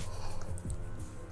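The electrical connector on the mass airflow sensor of a Mercedes-Benz C63 AMG M156 6.2L V8 engine's air intake is unplugged by pressing the tab on its underside. Over a steady low hum, its plastic latch gives short, sharp clicks at 0.6 s and 0.7 s as it releases, signaling that the plug can be pulled off. The connector is released.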